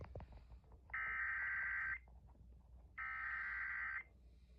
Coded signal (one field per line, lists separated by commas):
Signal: Emergency Alert System (SAME) tones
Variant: header bursts